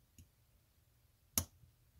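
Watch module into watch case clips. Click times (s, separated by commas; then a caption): 1.4 s. A Casio CA-53W calculator watch module, fitted with a color filter mod, is pressed into its case from 12 to 6, where the retaining clips are. A faint tick comes at 0.2 s, then a sharp click at 1.4 s as the module seats into the case clips.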